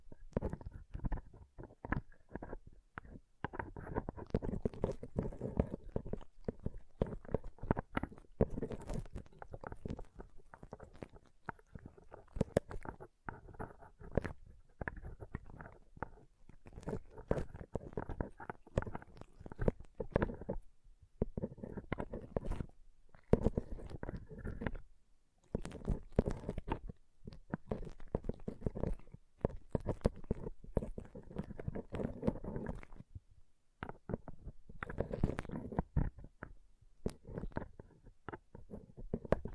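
Pom pom tingles: a dense, crackling rustle of fluffy strands being squeezed and rubbed, fuller in the low and middle range with crisp ticks above. The scratchy bursts come rapidly and unevenly, broken by a few brief pauses near 21, 25 and 34 seconds.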